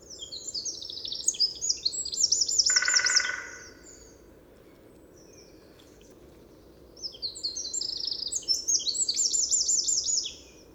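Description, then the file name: Eurasian wren delivering two vigorous high-pitched phrases of rapid trills and chattering notes; a short lower sound overlaps the first phrase. "Troglodytes troglodytes"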